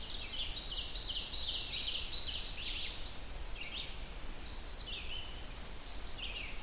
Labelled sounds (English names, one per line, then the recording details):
Ovenbird song
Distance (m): 35 m
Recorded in boreal forest in Alberta, Canada, on 30 June 2016 at 05:21
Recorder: SongMeter 3, array SBT-6-79
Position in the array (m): 160 m, 53 m
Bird 43